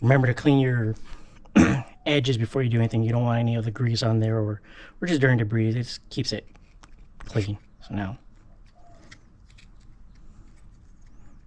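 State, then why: Not seated. Someone works on the headlight mechanism of a 4th Gen Firebird, handling a replacement plastic headlight gear that goes onto the headlight motor shaft. Someone talks through most of the clip, followed by quiet handling with a few faint small ticks between 9.1 and 10.2 s. The gear has not snapped onto the shaft; nothing has seated yet.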